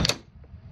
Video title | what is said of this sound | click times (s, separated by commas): The NEW! Revised! Riptide SL Vacuum System: New Plug & Switch, Steering Knuckle, New Bags and More! | you take the pole coupler snap it right on to the vacuum head here | 0.1 s